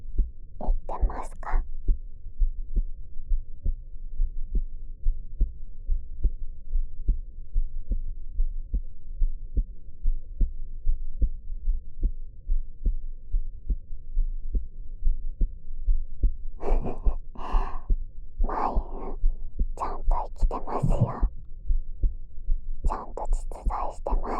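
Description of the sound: Soft, low thumps repeat steadily at about 71 beats a minute throughout, heard through the ear of a dummy-head microphone pressed against an adult's chest. This is an ordinary, regular heartbeat. Quiet whispering breaks in near the start and again in the last several seconds.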